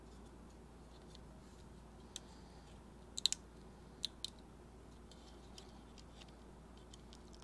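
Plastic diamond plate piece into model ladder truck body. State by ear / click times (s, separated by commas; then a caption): not seated / none. A plastic diamond-plate piece from an Agora FDNY Ladder Truck 9 model kit (pack 4) is pressed into its slot in the model ladder truck body, producing a faint tick near 2.2 s, a tight cluster of sharp plastic ticks around 3.2–3.3 s, and two more near 4.0 and 4.2 s over a low steady hum. The piece has not snapped in or stayed in place, unlike the earlier identical piece.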